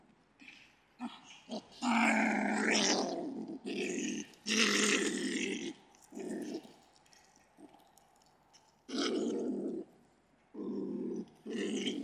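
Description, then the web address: Marten calls: a rising squeal blends into harsh growls, followed by a run of shorter rough growling bursts. "marder"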